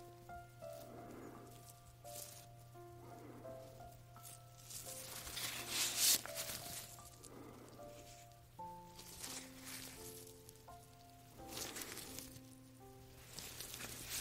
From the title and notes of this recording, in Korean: ASMR 잠이 오는 라텍스 장갑 핸드 무브먼트 l hand movement asmr.